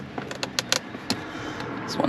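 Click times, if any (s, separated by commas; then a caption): none. Someone pushes the plastic cabin air filter access cover back up into the dashboard filter housing of a 2018 Malibu after sliding in a new BOSCH 6091C HEPA cabin air filter. A few brief, sharp ticks and light rattles sound as the cover is pressed, but nothing has clicked shut yet. It fails to seat because the filter is caught.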